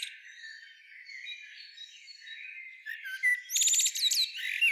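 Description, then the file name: Common blackbird calls: faint, thin, warbling high notes, then a loud burst of sharp, chattering notes near the end. "Turdus merula"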